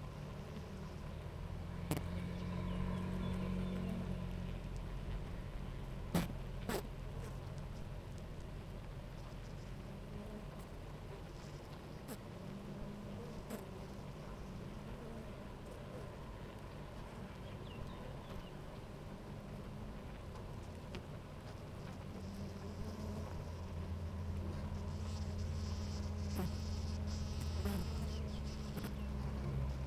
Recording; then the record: honeybee colony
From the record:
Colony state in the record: active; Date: 28 July 2017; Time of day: 9:51